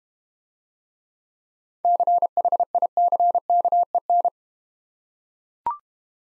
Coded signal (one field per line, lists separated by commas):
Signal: Morse code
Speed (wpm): 30 wpm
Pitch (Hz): 700 Hz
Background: none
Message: CHICKEN